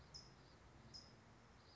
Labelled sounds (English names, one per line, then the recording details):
California Towhee
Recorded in Sonoma County, California